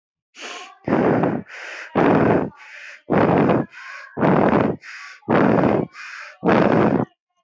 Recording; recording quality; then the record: shallow breathing; excellent, no background noise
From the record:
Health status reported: healthy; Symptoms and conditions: cough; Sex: male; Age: 37 years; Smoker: not ticked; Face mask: not worn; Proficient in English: yes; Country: India